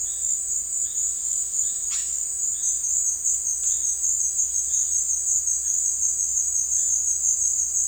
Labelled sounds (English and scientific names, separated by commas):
Yellow-rumped Cacique (Cacicus cela)